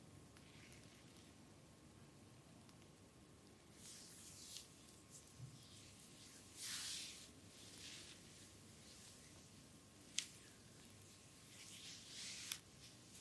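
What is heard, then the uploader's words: Full body massage with bamboo: soft rubbing and brushing strokes come in bursts of hissy friction, strongest around the fourth, seventh and twelfth seconds. Two sharp light taps stand out near ten and twelve and a half seconds, over a low, constant murmur and a faint steady tone. ASMR Full body massage with bamboo.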